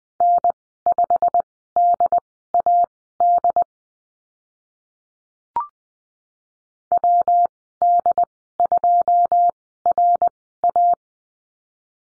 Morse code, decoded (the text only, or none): N5DAD WD2RA